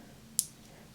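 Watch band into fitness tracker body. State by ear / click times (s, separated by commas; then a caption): seated / 0.4 s. The original band of a Fitbit Charge 5 fitness tracker in Lunar White / Soft Gold is pushed back onto the tracker body, giving one sharp, bright click at 0.4 s against a low, quiet background hum. A faint tick follows near the end, and the band is seated.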